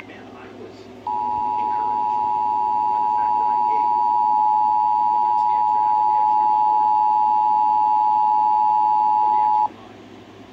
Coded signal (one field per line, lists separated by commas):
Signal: Emergency Alert System (SAME) tones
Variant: 853 and 960 Hz attention tone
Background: speech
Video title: ILX Why Are You This Bad..| EAS Tests From 5/4-5/2021 (EAS #478-489)